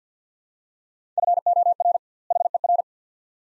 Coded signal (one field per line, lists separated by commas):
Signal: Morse code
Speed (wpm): 50 wpm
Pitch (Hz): 700 Hz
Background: none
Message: FOR HER